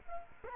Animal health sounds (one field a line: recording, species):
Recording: mosquito wingbeat signal from an infrared sensor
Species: Culex quinquefasciatus